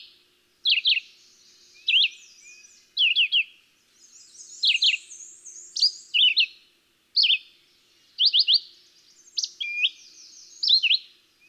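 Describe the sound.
Red-eyed Vireo song: brief phrases, each a quick up-and-down slur, delivered with short gaps, while another songbird twitters softly in the background.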